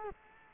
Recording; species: mosquito wingbeat signal from an infrared sensor; Culex quinquefasciatus